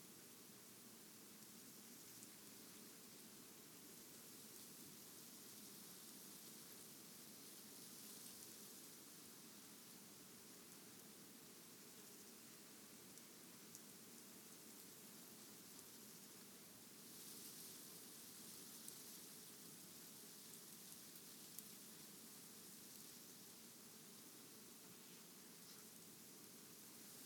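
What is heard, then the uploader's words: A huge sunflower field in Eastern Ukraine gives off a steady, dense hiss, like wind moving through leaves, holding an even level for the whole stretch. Brighter rustling swells come around eight and seventeen seconds, with faint scattered clicks and ticks throughout. Sunflower Field in Ukraine. Huge field of sunflowers in Eastern Ukraine.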